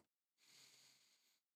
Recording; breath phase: one breath near a microphone; inhalation